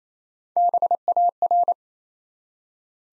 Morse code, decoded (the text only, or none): BAR